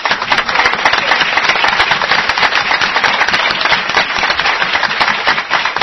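Steady, loud applause from a crowd in tribute to Juan Antonio Cebrián, a dense crackle of many hands clapping that holds at an even level for about six seconds, with no voices over it.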